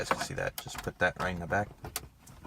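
Someone talks while a plastic wiring harness connector is pushed into the back of an aftermarket car radio head unit for a 1999–2004 Mustang. A sharp click at 2.0 s marks the connector seating in the radio.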